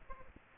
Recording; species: mosquito wingbeat signal from an infrared sensor; Aedes aegypti